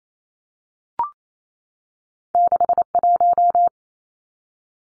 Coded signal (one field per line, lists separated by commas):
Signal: Morse code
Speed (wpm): 28 wpm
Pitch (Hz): 700 Hz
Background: none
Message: 61